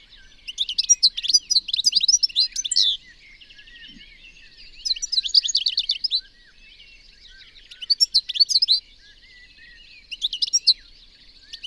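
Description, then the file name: European goldfinch singing in rapid tinkling, twittering bursts of varied high notes, four phrases of one to three seconds separated by short pauses. "Carduelis carduelis"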